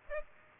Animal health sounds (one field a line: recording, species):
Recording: mosquito wingbeat signal from an infrared sensor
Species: Aedes aegypti